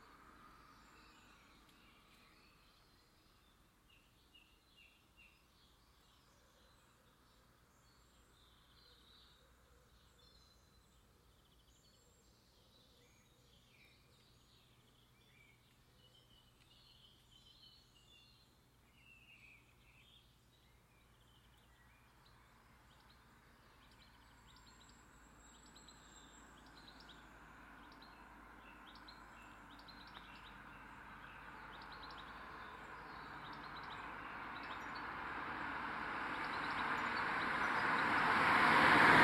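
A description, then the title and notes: A quiet, empty roadside where birds chirp and twitter for the first half. From about twenty seconds a single vehicle approaches, its rushing engine noise swelling steadily until it is loud at the very end. Piñera Perch on Route N-634. Desolate highway, panning cars and motorbikes. Ambient sound recorded along del Norte, the northern coastal route of the Camino de Santiago network of pilgrimage paths converging in Spain. These tiny meditations are made with binaural microphones.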